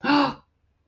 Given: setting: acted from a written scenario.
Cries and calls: vocal sound without words; awe

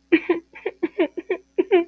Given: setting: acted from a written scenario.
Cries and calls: vocal sound without words; sadness

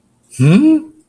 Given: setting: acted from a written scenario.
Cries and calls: vocal sound without words; confusion

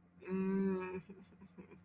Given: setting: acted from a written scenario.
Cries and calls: vocal sound without words; distress

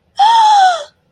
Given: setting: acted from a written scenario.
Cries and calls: vocal sound without words; positive surprise

